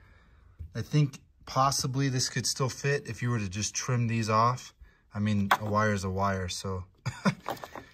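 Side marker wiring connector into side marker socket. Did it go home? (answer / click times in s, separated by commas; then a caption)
yes / 7.5 s. The side marker wiring connector is pushed into the plastic side marker socket on a Tacoma headlight harness while someone talks. Near the end, a short run of sharp clicks is heard, and the connector snaps in and seats at 7.5 seconds.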